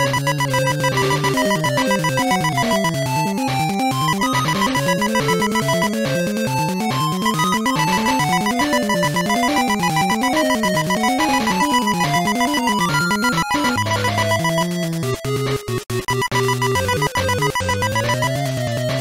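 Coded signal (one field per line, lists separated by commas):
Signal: none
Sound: game sound effects beeps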